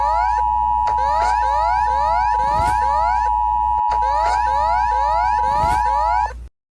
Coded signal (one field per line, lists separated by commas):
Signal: Emergency Alert System (SAME) tones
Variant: 853 and 960 Hz attention tone